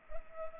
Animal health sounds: mosquito wingbeat signal from an infrared sensor; Culex pipiens

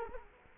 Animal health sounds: mosquito wingbeat signal from an infrared sensor; Culex quinquefasciatus

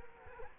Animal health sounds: mosquito wingbeat signal from an infrared sensor; Culex quinquefasciatus

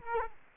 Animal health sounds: mosquito wingbeat signal from an infrared sensor; Culex quinquefasciatus

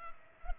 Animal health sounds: mosquito wingbeat signal from an infrared sensor; Culex pipiens

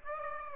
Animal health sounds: mosquito wingbeat signal from an infrared sensor; Aedes aegypti

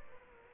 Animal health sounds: mosquito wingbeat signal from an infrared sensor; Culex quinquefasciatus

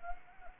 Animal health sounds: mosquito wingbeat signal from an infrared sensor; Anopheles gambiae

